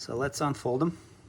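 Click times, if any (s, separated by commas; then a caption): none. Someone talks while handling the folding pedal on the crank of a Jetson Warren electric bike from Costco, about to unfold it into the open position. The pedal has not yet locked open or clicked.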